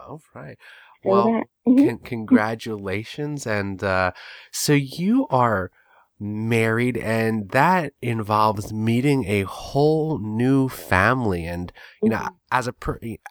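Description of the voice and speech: Adult man who stutters speaking with stretched sounds and halting pauses mid-phrase: stuttering, including some voluntary stuttering.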